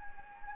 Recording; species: mosquito wingbeat signal from an infrared sensor; Anopheles gambiae